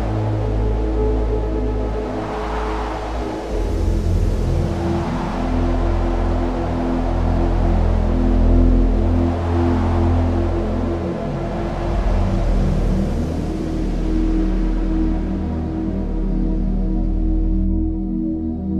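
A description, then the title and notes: A steady, low humming space drone with sliding tones, while soft wind-like whooshes swell and fade every few seconds, ending abruptly. Serene space ambience and gentle breezes.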